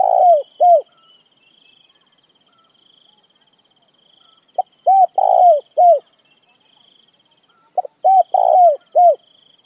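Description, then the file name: Spotted dove repeating its cooing phrase: the end of one at the start, then two full phrases a few seconds apart, with a faint high insect buzz running throughout. Dove calling the flock. "Tieng cu gay goi bay"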